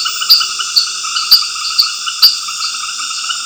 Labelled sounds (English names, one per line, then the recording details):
none
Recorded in dense forest near Puerto Asís, Putumayo, Colombia, on 9 March 2025 at 19:00
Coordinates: 0.481, -76.323
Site G088